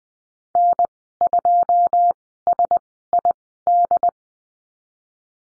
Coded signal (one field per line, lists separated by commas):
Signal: Morse code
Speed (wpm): 20 wpm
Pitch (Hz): 700 Hz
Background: none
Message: N2SID